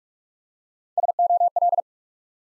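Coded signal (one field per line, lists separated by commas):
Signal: Morse code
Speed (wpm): 44 wpm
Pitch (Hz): 700 Hz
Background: none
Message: SOL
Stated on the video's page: Morse practice drill at 45wpm building 5-letter words one letter at a time for instant character recognition.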